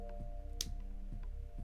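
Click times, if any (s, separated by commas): none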